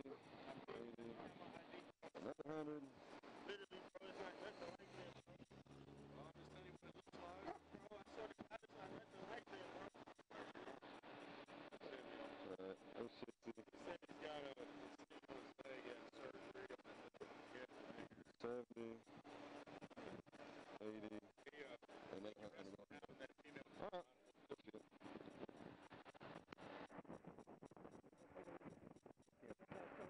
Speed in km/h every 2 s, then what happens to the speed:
0, 0, 0, 0, 0, 0, 0, 0, 0, 0, 0, 0, 0, 0, 0.
0-30 standing.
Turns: none.